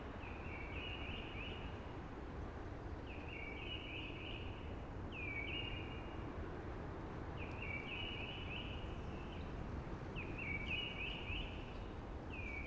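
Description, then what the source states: Blackbird singing repeated mellow warbled phrases roughly every two to three seconds, steady throughout, over a hushing background noise. Early singing among hushing conifers.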